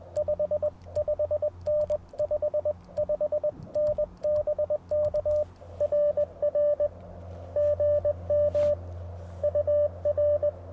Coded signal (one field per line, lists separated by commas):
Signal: Morse code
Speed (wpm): 20 wpm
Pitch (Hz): 590 Hz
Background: radio noise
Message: 55N 55N BK RR GM UR